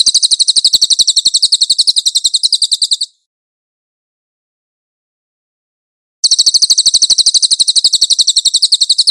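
Cililin song: a long, steady, high-pitched trill of rapid notes, a three-second silence, then the same trill resumes.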